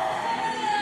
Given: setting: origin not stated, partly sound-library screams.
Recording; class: one-second piece from a danger detection set; woman in danger